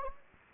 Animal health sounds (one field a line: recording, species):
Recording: mosquito wingbeat signal from an infrared sensor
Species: Anopheles gambiae